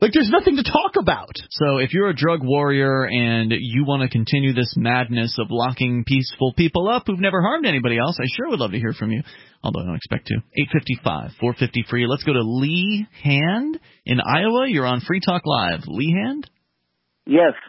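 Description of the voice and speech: Fluent adult male radio host talking at an ordinary pace with clear articulation, then a caller briefly answers.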